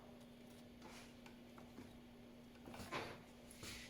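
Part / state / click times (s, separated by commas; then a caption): engine thermostat into coolant housing / not seated / none. A lubricated engine thermostat with its seal is slid by hand into the coolant housing of a Porsche Cayenne, giving soft scraping and light knocks over a steady hum. The thermostat does not go in fully and stays visibly short of home, so nothing has seated or clicked yet.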